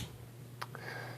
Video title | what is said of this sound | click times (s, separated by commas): Overview: Leatherman Wingman (entry level full-size multitool excellence) | so locking tab there press that | 0.6 s, 0.8 s